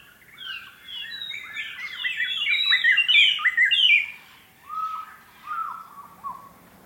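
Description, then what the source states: White-browed robin-chat song building into a dense, loud tumble of overlapping whistled and slurred phrases, then a few softer, lower separate notes at the end. Okavango Panhandle, 14 August 2015, 6:36 AM; ever-changing song that seems to come from everywhere at once; mic placed outside the tent; Sound Devices 702 recorder with Sennheiser 418 stereo microphone.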